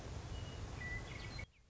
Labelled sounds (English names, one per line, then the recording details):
Western Meadowlark
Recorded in Sonoma County, California